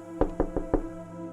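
Four sharp knocks on a wooden bedroom door, evenly spaced and moderately loud, with a low steady hum underneath and no voices.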